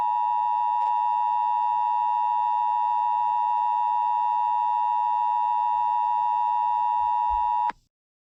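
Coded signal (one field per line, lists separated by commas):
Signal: Emergency Alert System (SAME) tones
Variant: 853 and 960 Hz attention tone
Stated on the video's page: Fictional EAS scenario, not a real alert.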